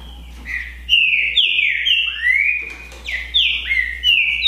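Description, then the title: Green-winged saltator song with full whistled notes that step down and then glide upward, repeated in two bursts with a pause between. Song contest between two trinca-ferro birds, Naval versus Demolidor, 2022 season. "TRINCA Piando, Cantando E Macheando Na DISPUTA. DISPUTA DE TRINCA FERRO NAVAL VS DEMOLIDOR 2022 TEMPORADA 2022"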